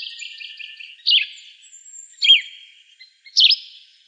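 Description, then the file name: Yellow-green vireo giving sharp, down-slurred chirps, three clear notes about a second apart, each trailing into a softer tail. Recorded in Texas, June 2005. "YGVI 1 C deviche"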